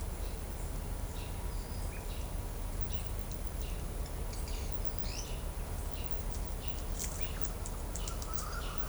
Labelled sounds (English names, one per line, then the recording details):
Ochre-lored Flatbill
Pale-eyed Pygmy Tyrant
Chestnut-winged Chachalaca
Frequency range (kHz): Ochre-lored Flatbill 4.6-5.3 kHz; Pale-eyed Pygmy Tyrant 1.9-8.2 kHz; Chestnut-winged Chachalaca 0.6-2.2 kHz
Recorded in shrubland near Pivijay, Magdalena, Colombia, on 5 June 2023 at 16:00
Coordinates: 10.453, -74.365
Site P5-G022